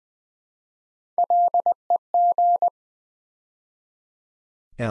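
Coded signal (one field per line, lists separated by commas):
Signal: Morse code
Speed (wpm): 20 wpm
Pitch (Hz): 700 Hz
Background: none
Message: LEG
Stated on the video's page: Morse word-building drill at 20 wpm: 6-letter words sent three letters at a time.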